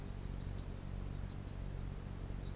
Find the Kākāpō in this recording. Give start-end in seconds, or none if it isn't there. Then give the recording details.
none. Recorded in New Zealand. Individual Piripi